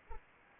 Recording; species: mosquito wingbeat signal from an infrared sensor; Anopheles arabiensis